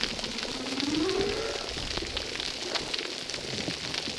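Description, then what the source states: Humpback whale song unit: a single rising upsweep early on, then only crackling underwater noise. Humpback whales recorded at a reef site called Recif 10; recording filtered.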